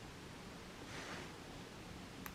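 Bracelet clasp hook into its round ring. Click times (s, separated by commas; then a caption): 2.3 s. The metal hook of a finished tatted lace bracelet's clasp is fitted into its round ring to fasten it. A soft rustle and steady background hiss run underneath until a single short, bright click at 2.3 s as the hook seats into the ring, fastening the bracelet.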